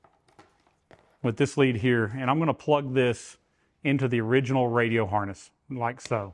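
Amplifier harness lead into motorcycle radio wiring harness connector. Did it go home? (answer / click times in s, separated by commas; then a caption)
no / none. An amplifier harness lead is plugged into the original radio wiring harness connector in the fairing of a 2015–2023 Harley Road Glide fitted with a Soundstream radio and plug-and-play amplifier. A few faint handling ticks come in the first second, then someone talks. The connector has not seated or clicked yet.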